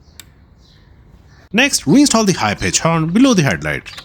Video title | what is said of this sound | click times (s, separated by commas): How to replace horn in Kia Sportage - both high & low pitch | Reattach the wiring harness clip to the mounting bracket, then reconnect the electrical connector until it clicks into place. | 0.2 s